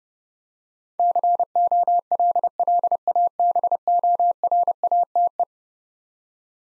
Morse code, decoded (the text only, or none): COLLABORATE